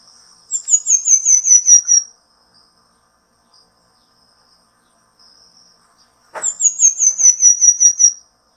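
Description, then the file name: Pin-tailed manakin song: two high, thin phrases of about eight quick notes each, sliding slightly downward in pitch, separated by several seconds of near silence. "canto do tangarazinho"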